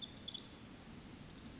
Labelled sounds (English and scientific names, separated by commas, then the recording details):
Pacific Wren (Troglodytes pacificus)
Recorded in Sonoma County, California